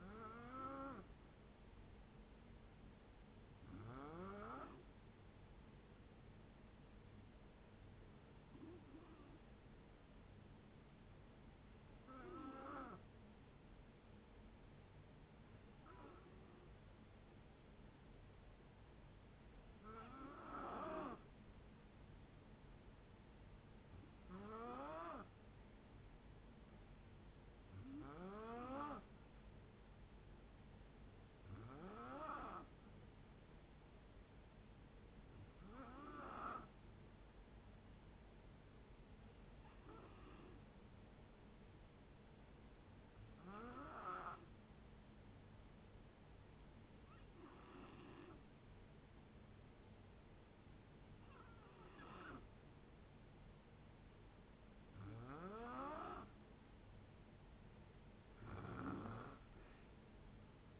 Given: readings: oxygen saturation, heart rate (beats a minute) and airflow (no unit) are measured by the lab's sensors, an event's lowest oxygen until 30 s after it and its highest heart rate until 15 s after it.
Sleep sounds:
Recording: breathing in sleep by a voice recorder at the bedside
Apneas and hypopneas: 2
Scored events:
7.00-23.00 s: hypopnea (N2, oxygen 93% highest, then 90% lowest, heart rate 67 at the start, 67 highest)
37.00-54.60 s: hypopnea (N2, oxygen 92% highest, then 88% lowest, heart rate 66 at the start, 67 highest)
From the record:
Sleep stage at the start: N2 (light sleep)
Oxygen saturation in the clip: 90 to 93%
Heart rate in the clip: 62 to 70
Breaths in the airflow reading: 16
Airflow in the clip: -5.6 to 5.0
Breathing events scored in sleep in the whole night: 496 in 5.4 hours asleep

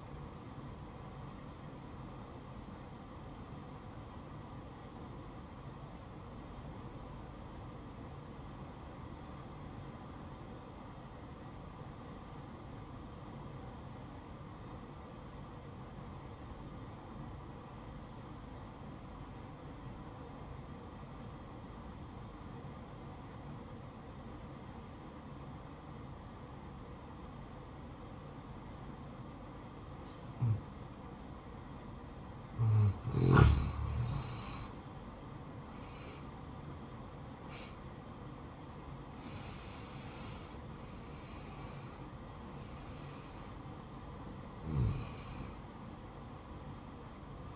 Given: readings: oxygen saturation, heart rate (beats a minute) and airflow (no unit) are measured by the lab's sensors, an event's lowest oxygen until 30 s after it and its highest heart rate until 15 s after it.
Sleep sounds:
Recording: breathing in sleep by a smartphone at the bedside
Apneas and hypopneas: 1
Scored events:
5.00-34.50 s: obstructive apnea (N1, oxygen 95% highest, then 86% lowest, heart rate 61 at the start, 72 highest)
From the record:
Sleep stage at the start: N1 (lightest sleep)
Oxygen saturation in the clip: 86 to 95%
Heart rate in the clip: 60 to 72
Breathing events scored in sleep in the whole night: 573 in 9.8 hours asleep

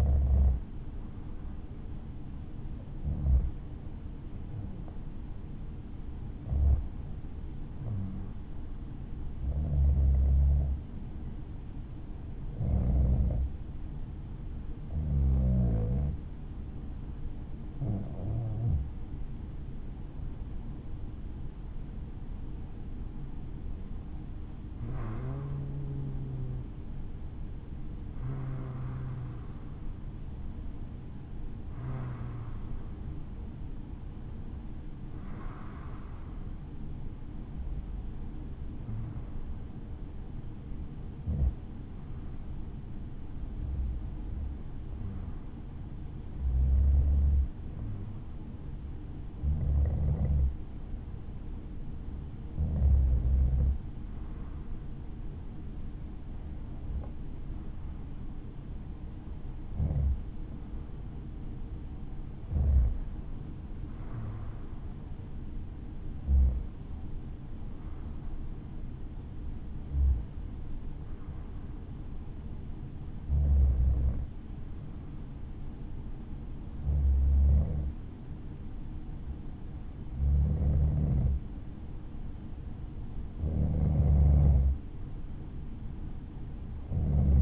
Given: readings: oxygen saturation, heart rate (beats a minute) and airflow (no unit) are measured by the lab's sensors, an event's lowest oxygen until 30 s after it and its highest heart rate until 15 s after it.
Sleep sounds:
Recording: breathing in sleep by a smartphone at the bedside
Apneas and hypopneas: 1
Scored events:
9.00-19.90 s: hypopnea (N1, oxygen 95% highest, then 94% lowest, heart rate 57 at the start, 64 highest)
28.00-58.00 s: new sleep stage, N2 (light sleep)
58.00-87.42 s: new sleep stage, N1 (lightest sleep)
From the record:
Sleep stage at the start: N1 (lightest sleep)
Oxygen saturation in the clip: 94 to 96%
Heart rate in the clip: 55 to 64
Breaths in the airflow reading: 27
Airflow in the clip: -4.4 to 5.7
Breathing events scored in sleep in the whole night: 216 in 7.0 hours asleep

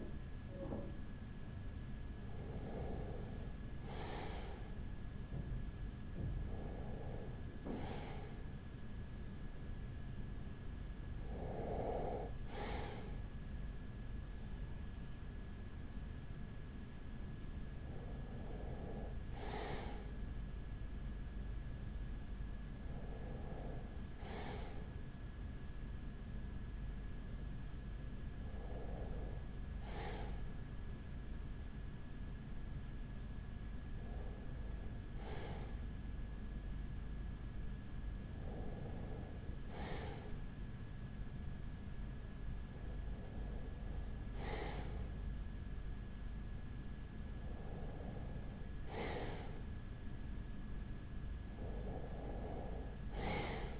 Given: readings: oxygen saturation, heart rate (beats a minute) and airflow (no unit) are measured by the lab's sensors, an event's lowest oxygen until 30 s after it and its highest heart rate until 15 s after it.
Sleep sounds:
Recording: breathing in sleep by a smartphone at the bedside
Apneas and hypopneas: none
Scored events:
none scored
From the record:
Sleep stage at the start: REM sleep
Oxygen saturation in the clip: 95 to 96%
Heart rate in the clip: 39 to 47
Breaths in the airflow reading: 11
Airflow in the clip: -5.8 to 5.3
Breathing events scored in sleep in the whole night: 207 in 7.6 hours asleep

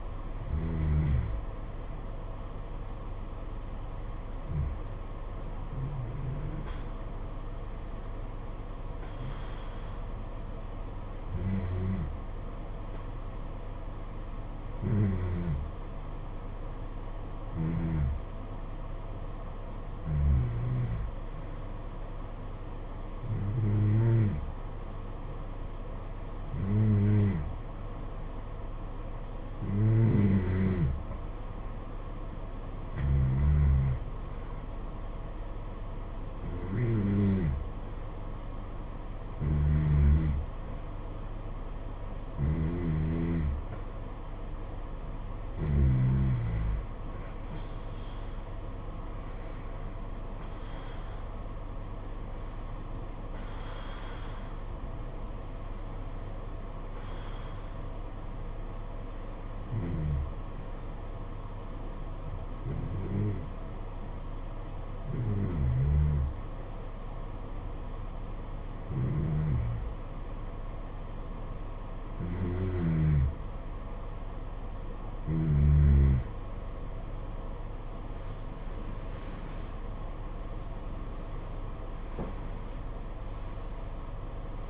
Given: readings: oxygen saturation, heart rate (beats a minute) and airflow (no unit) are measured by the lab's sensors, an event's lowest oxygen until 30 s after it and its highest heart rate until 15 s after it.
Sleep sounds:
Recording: breathing in sleep by a smartphone at the bedside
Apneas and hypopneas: 2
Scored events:
8.00-32.30 s: hypopnea (N2, oxygen 92% highest, then 89% lowest, heart rate 68 at the start, 74 highest)
58.00-76.30 s: hypopnea (N2, oxygen 93% highest, then 90% lowest, heart rate 66 at the start, 78 highest)
70.00-84.70 s: new sleep stage, N1 (lightest sleep)
From the record:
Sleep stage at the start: N2 (light sleep)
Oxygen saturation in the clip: 89 to 93%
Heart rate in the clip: 62 to 77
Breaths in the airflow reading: 27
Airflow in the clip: -11.7 to 10.2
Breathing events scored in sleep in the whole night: 476 in 9.7 hours asleep

